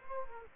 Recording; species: mosquito wingbeat signal from an infrared sensor; Culex quinquefasciatus